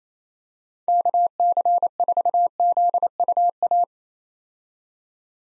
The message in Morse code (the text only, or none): KC4ZUA